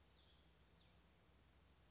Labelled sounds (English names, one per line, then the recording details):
Cassin's Vireo
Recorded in Sonoma County, California